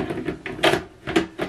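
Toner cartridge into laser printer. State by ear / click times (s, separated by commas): seated / 0.5 s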